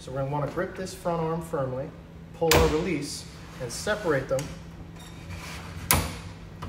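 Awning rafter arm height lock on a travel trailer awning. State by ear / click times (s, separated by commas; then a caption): seated / 5.9 s. Someone talks while gripping the front rafter arm of a Zip Dee awning on an Airstream travel trailer, pulling the release and sliding the metal arm sections apart. A sharp click at 5.9 seconds marks the arm locking at the chosen height, so the awning rafter arm is seated at its set height.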